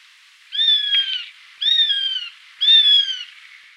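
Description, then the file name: Eurasian sparrowhawk calls: three drawn-out, slightly falling cries, each under a second long, given about once per second against a quiet background. "sperber"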